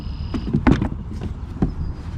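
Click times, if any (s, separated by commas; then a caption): 0.7 s. A GPS trolling-motor drive unit is lowered into the drive well of an Old Town 120 PDL kayak and locks into place like the pedal drive. Amid low rumbling handling noise, a sharp loud knock at 0.7 s marks the drive seating, followed by a few smaller clunks and rattles. A faint steady whine is heard at the start.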